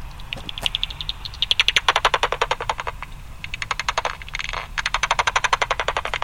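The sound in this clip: Common pipistrelle echolocation through a bat detector: dry ticking pulses in several rapid runs, over a steady low hum.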